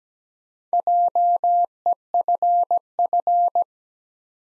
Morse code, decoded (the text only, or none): JEFF